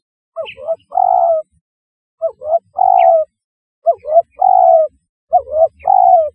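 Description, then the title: Spotted dove calling, each phrase a short note followed by a longer drawn-out coo, four phrases with pauses between and a few faint high chips. "Tekukur"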